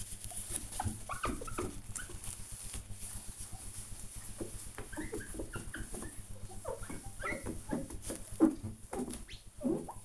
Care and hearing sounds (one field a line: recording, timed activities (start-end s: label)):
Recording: household activities, microphone on the right wrist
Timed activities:
0.00-10.05 s: window cleaning